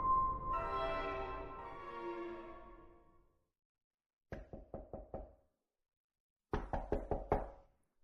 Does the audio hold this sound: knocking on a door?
yes